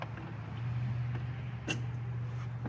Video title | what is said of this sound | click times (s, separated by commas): Subaru Impreza & XV Crosstrek Radiator Replacement! Quick & Easy DIY! | one on either side push them all the way until you hear them click | 0.0 s, 1.7 s